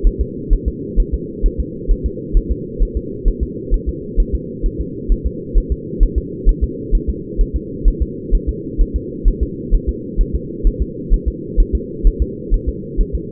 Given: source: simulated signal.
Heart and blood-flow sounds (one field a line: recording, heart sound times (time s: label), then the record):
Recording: fetal heart sounds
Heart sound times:
0.07 s: S1
0.21 s: S2
0.53 s: S1
0.68 s: S2
1.00 s: S1
1.14 s: S2
1.46 s: S1
1.60 s: S2
1.91 s: S1
2.06 s: S2
2.37 s: S1
2.52 s: S2
2.83 s: S1
2.97 s: S2
3.28 s: S1
3.43 s: S2
3.74 s: S1
3.89 s: S2
4.20 s: S1
4.35 s: S2
4.66 s: S1
4.81 s: S2
5.12 s: S1
5.26 s: S2
5.58 s: S1
5.72 s: S2
6.03 s: S1
6.18 s: S2
6.49 s: S1
6.63 s: S2
6.95 s: S1
7.09 s: S2
7.41 s: S1
7.56 s: S2
7.88 s: S1
8.02 s: S2
8.35 s: S1
8.49 s: S2
8.81 s: S1
8.96 s: S2
9.28 s: S1
9.43 s: S2
9.75 s: S1
9.89 s: S2
10.21 s: S1
10.35 s: S2
10.67 s: S1
10.82 s: S2
11.14 s: S1
11.28 s: S2
11.60 s: S1
11.75 s: S2
12.07 s: S1
12.22 s: S2
12.54 s: S1
12.69 s: S2
13.01 s: S1
13.15 s: S2
From the record:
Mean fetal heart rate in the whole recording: 130 bpm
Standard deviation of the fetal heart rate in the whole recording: 4 bpm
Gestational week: 38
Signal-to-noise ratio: -4.1 dB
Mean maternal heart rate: no maternal heart sound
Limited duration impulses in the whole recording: absent